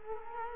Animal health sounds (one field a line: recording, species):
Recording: mosquito wingbeat signal from an infrared sensor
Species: Culex quinquefasciatus